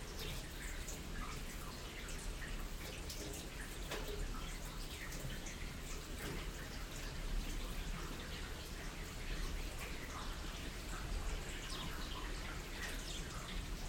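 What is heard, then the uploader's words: Steady rain patters densely throughout, with scattered sharper drips ticking above a constant low rumble, level and unchanging from start to finish. Rain - 3pm - binaural version (Headphones).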